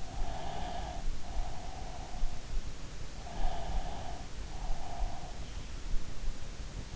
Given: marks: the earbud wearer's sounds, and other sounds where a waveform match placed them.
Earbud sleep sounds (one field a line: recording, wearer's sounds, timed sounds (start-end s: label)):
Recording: sounds in sleep by an in-ear microphone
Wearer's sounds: breath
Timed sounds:
0.00-2.32 s: breath
3.30-5.50 s: breath